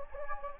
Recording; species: mosquito wingbeat signal from an infrared sensor; Anopheles gambiae